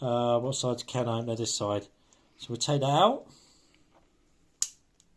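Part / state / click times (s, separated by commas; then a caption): can opener locking into a multitool handle / seated / 4.6 s. Someone talks while the can opener tool is taken out of a Leatherman Wave Plus multitool. At 4.6 s it snaps into its locked position in the handle with a single loud, sharp click, followed by a faint tick at 5.0 s. The can opener is seated and firmly locked open.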